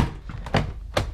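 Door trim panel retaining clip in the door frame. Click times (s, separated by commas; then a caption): 0.6 s, 1.0 s. The bottom of a Grand Am car door trim panel is tugged, and its plastic retaining clips pop out of the metal door with sharp pops at about 0.6 s and 1.0 s, releasing the panel.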